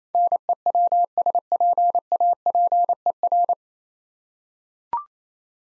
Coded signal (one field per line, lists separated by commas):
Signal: Morse code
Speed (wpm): 27 wpm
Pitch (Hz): 700 Hz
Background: none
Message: NEWSPAPER